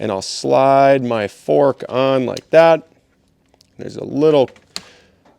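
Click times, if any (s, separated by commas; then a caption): 4.8 s. Someone talks while a small fork is slid into two holes on a Rottefella Move Switch ski binding and given a push at the end. A sharp click is heard at 4.8 s as the fork locks into place on the binding.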